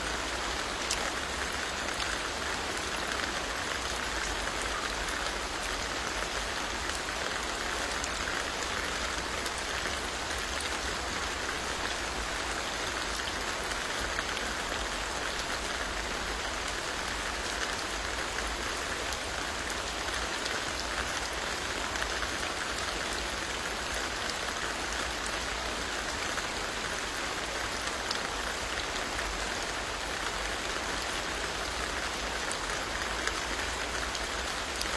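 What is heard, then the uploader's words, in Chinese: Steady autumn rain falls densely and evenly throughout, a bright patter over a constant low rumble, with no breaks or separate events. 西湖秋雨！在雨声中快速入睡。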